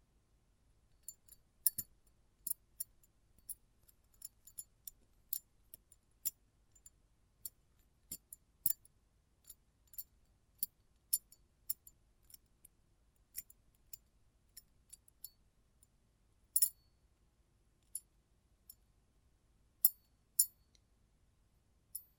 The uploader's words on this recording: ASMR Close Up Metallic Sounds (No Talking).